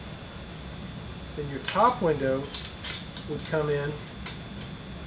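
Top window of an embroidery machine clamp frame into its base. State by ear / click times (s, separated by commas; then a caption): seated / 4.3 s, 4.6 s. Someone talks while the top window of a Hooptech embroidery machine clamp frame is pushed in by its arm into its base. Its small ears lock into holes in the base, with sharp snaps at 4.3 s and 4.6 s as the window seats in place.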